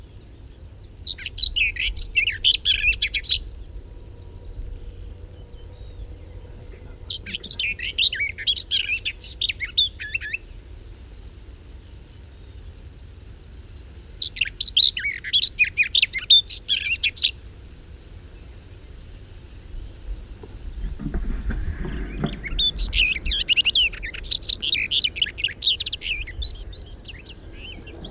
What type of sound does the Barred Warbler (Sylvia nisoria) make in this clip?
song